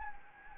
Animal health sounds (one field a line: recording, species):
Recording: mosquito wingbeat signal from an infrared sensor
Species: Anopheles gambiae